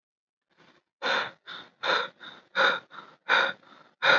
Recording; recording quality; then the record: shallow breathing; excellent, no background noise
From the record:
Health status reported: recovered from COVID-19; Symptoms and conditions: none ticked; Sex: male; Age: 23 years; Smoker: not ticked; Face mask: not worn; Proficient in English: yes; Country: India